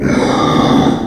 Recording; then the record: squeal of a Yucatan mini pig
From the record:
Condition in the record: before surgery on the right vocal fold (resection and tissue-engineered implant); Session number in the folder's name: 3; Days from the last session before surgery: 0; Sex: female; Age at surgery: 19 weeks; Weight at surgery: 25 kg